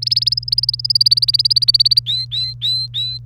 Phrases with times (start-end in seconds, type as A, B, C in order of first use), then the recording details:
0.02-2.00 A, 2.06-3.18 B. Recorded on 1 May 2018 at 06:17. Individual llb3